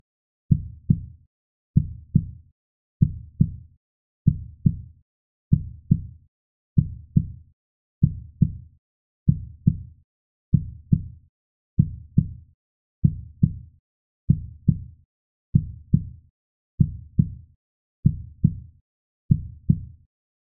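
Steady, regular lub-dub pairs at about 48 beats a minute; a normal heartbeat.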